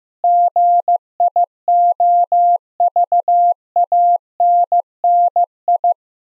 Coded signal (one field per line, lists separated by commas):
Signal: Morse code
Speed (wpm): 15 wpm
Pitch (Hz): 690 Hz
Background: none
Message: GIOVANNI